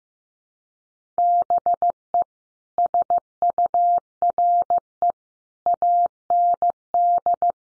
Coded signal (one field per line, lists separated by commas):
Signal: Morse code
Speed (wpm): 14 wpm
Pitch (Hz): 700 Hz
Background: none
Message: BE SURE AND